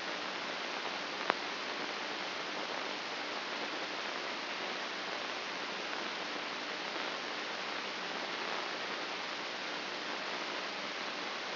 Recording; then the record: brain microelectrode recording played as sound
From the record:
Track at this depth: inside the subthalamic nucleus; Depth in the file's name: 5.629 mm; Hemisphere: left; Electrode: 2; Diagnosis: Parkinson's disease